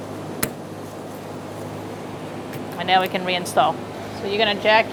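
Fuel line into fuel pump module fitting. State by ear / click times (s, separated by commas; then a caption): seated / 0.4 s. A fuel line is snapped into the fitting on the fuel pump module of a 2004-2009 Mazda 3 2.3L L4 during a fuel pump module assembly replacement, giving a single sharp click at 0.4 s as it seats. A steady low hum runs underneath, and someone talks from about 2.9 s on.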